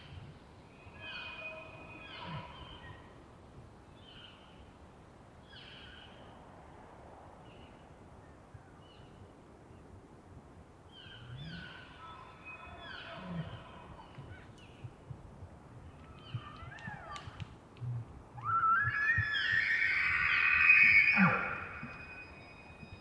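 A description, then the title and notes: Elk call over a low, steady rumble of wind or background noise. Short bursts of squealing, chirping calls come around 1–3, 11–14 and 17 seconds, then a loud, high screaming bugle rises near 18 seconds and holds until about 22. It was rutting season in the Colockum Wildlife area. These are raw tracks, down-mixed to stereo (from double-m/s). Elk, mostly bulls bugling, screaming, roaring, whistling, and chirping. Occasional high-pitched mews from the cows can be heard. Elk Bull Scream Call And Chirps.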